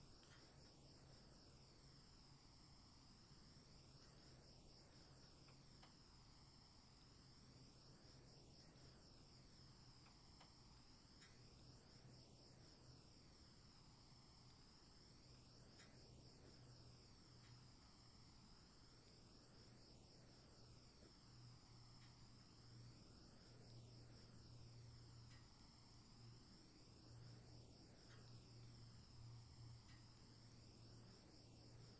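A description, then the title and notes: A summer afternoon outdoors, filled with a steady, dense shrill of insects, likely crickets, that holds high and unbroken for the whole stretch. Beneath it runs a low, constant hum, and a soft whooshing swell returns every few seconds. Summer Afternoon in the Outdoors.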